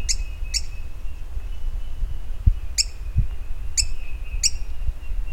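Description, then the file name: Bird calls: five sharp, ringing chirps at uneven intervals, the first two close together, over low-frequency hum and a few dull thumps. "SABIOD 50 bird 2015"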